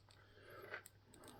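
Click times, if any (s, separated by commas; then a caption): none. An interchangeable plastic faceplate is handled against the head of a McFarlane Collector Edition Lightning Lad action figure while being swapped on. Soft scraping and rubbing noises are heard, with two brief sharp handling ticks near 0.7 s and 0.9 s. The faceplate has not seated or clicked in yet.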